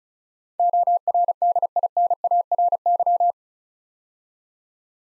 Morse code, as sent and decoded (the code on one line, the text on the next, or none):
--- .-. -.. .. -. .- .-. -.--
ORDINARY